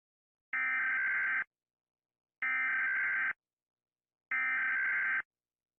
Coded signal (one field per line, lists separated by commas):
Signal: Emergency Alert System (SAME) tones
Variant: header bursts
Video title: Rating EAS alarms from around the world based on how scary they are